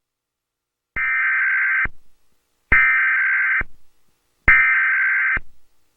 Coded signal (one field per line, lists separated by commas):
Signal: Emergency Alert System (SAME) tones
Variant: header bursts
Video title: Emergency Alert System Required Monthly Test (February 19th 2014)